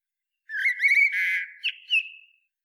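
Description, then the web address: Common blackbird phrase of rich low whistles, then a buzzy middle part and a thin, fading high note at the end. "SETE Turdus merula"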